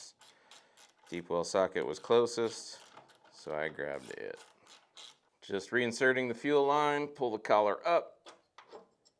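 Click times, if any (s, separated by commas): none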